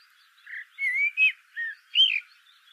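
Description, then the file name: Eurasian blackbird giving a short phrase of five fluty, rounded whistled notes, slurring up and down in a smooth warble. "Turdus merula"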